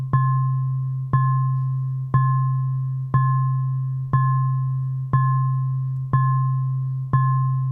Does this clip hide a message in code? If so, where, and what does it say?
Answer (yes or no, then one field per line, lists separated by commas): no